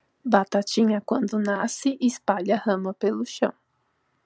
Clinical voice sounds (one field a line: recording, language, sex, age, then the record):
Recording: short text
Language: Brazilian Portuguese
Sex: female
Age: 30 to 39 years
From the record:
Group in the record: control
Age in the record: 38 years